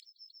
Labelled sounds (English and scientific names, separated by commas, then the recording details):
Yellowhammer (Emberiza citrinella) song
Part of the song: start
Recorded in the Czech Republic